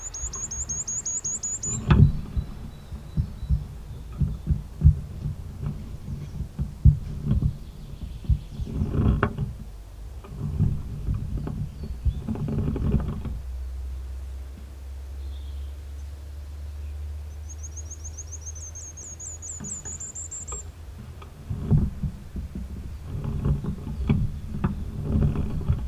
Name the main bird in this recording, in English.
Common Firecrest